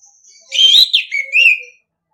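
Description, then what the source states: Orange-headed thrush giving one continuous song phrase of rising and falling whistles with a buzzy middle section, about a second long. Training recording (masteran) in the singing style called ngeplong.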